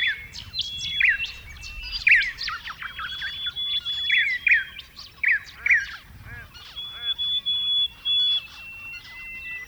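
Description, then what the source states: Zebra finch song and calls, bright squeaky beeps and buzzy phrases repeated in short bursts, with other finches chattering behind. More than one zebra finch.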